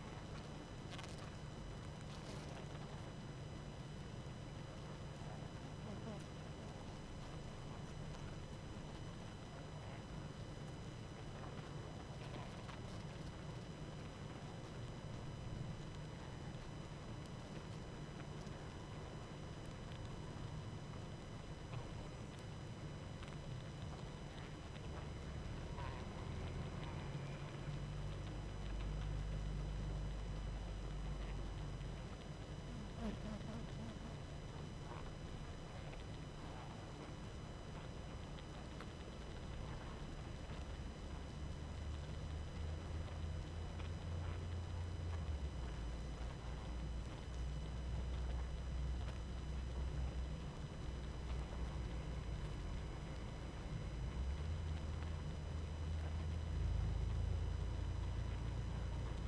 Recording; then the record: honeybee colony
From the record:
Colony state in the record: active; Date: 12 June 2018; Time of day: 21:16